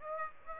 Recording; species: mosquito wingbeat signal from an infrared sensor; Aedes aegypti